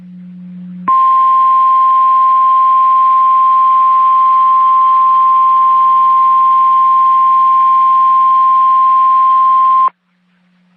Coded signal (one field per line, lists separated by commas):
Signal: Emergency Alert System (SAME) tones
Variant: 1050 Hz attention tone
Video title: EAS #66 - 2019 Virginia Tornado Drill (Failed)